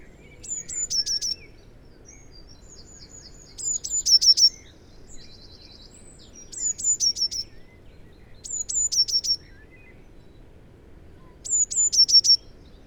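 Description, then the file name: Eurasian blue tit singing high, thin phrases: two or three clear notes then a short fast trill, repeated five times every few seconds, with faint calls between. "Cyanistes caeruleus"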